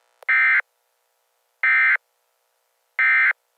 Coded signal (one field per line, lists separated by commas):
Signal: Emergency Alert System (SAME) tones